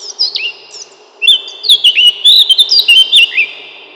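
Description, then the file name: Eurasian blackcap song ending in loud, clear fluting whistles that rise and fall quickly, after a few brief opening notes, with a low hum in the background. "славка черноголовая"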